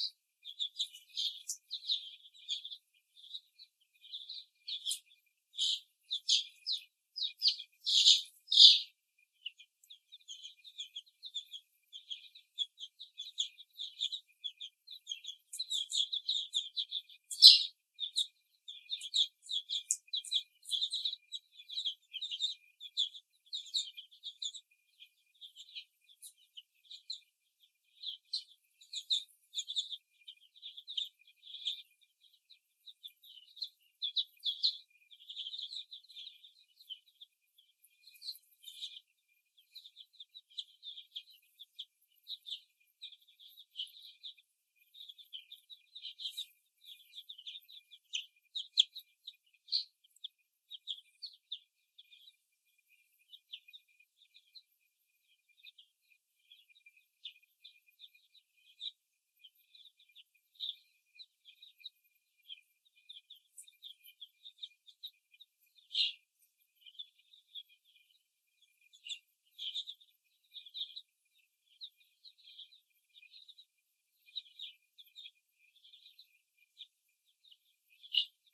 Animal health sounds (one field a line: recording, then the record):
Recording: young laying hens in a cage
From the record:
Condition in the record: before the stressor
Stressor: simulated dog barking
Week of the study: 1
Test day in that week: 2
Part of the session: 3